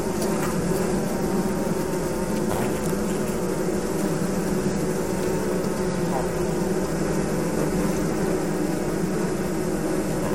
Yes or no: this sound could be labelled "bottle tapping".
no